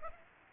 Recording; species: mosquito wingbeat signal from an infrared sensor; Aedes aegypti